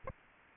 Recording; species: mosquito wingbeat signal from an infrared sensor; Aedes aegypti